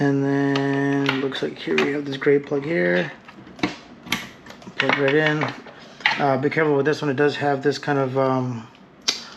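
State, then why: Seated. A gray plastic wiring harness plug is pushed into its mating connector during a Stinger Heigh10 radio and dash wiring install on a Challenger while someone talks. Sharp taps sound at about 3.6 and 4.1 s, and the plug clicks in at 9.1 s, properly connected.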